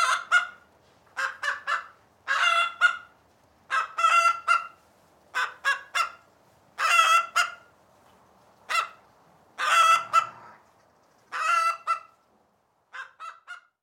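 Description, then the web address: Chickens give harsh, clucking squawks in short bursts, each a quick run of notes, repeated at irregular intervals with brief quiet gaps between. On a farm. "sound-effects-bible Farm Sheep Chickens"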